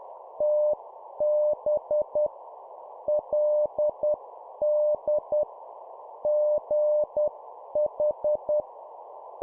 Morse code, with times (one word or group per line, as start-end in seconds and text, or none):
0.4-2.3 TB
3.1-5.4 LD
6.2-8.6 GH